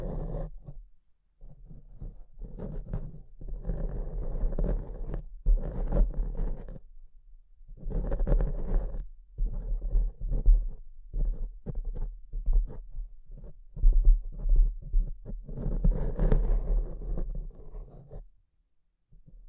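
Mic scratching comes in dense, rough bursts of a few seconds each, separated by short gaps, over a steady low hum throughout.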